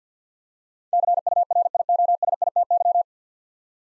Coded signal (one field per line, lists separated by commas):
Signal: Morse code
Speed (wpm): 50 wpm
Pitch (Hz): 700 Hz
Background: none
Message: CURIOSITY